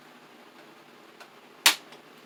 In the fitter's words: In like that. Hear it lock in place.